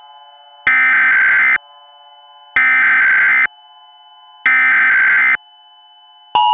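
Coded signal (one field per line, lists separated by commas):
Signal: Emergency Alert System (SAME) tones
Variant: header bursts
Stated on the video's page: Fictional EAS scenario built with Balabolka and Audacity.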